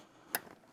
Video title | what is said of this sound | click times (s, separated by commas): Tech Garage S2 E8 “A/C University” Complete A/C Theory & Operation | Same thing, you wanna hear a click here. | 0.4 s